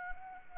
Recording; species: mosquito wingbeat signal from an infrared sensor; Anopheles arabiensis